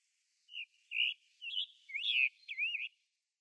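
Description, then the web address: Scarlet tanager song: five hoarse, burry phrases of slurred whistles, rising and falling, in a quick series over about two and a half seconds. "Schulze Peter Scarlet Tanager"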